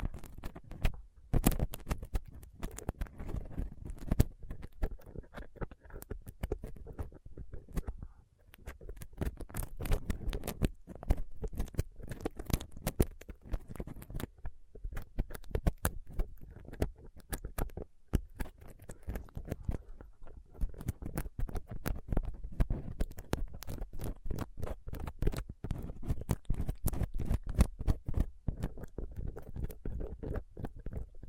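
A dental pick, tweezers and a cotton swab scrape and pick at a rough microphone surface. Dense, irregular clicks and scratches run throughout the full half minute, each a sharp tick over a low rumbling rustle, with brief quieter gaps near eight and eighteen seconds.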